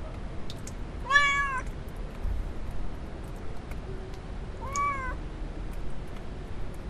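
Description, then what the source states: Domestic cat with two short, softer meows about three and a half seconds apart, arched in pitch, over steady low background rumble. Little cat meowing, field recording in the village of Alvoco das Várzeas, Oliveira do Hospital, Portugal, at the braçal.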